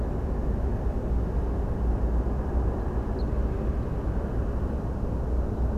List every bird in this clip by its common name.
Ortolan Bunting